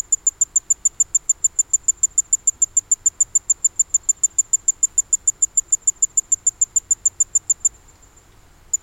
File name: Tinkling Ground Cricket